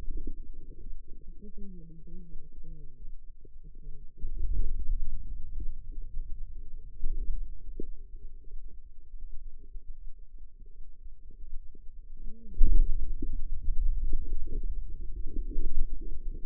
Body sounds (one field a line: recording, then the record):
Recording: forearm muscle sounds (acoustic myography)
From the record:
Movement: hand opening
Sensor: system 2, bracelet of six BSWA MPA416 microphones around the upper forearm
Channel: 6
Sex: female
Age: 25 years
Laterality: right